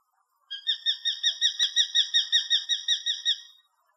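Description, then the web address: Common kestrel giving a clean, rapid run of many shrill, evenly spaced kee notes over about three seconds, fading slightly at the end, with silence around it. Uzbekistan. "Uzbek hayvonlar. Falco tinnunculus"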